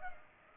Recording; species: mosquito wingbeat signal from an infrared sensor; Culex pipiens